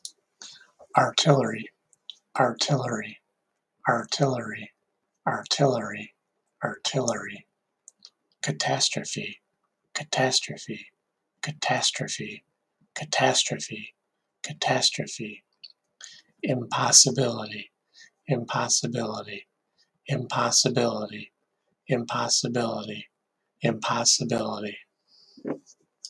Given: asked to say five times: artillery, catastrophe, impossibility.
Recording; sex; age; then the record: three words, each repeated; male; 50 to 59 years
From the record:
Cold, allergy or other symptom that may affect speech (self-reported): no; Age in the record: 50 years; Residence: Minnesota, United States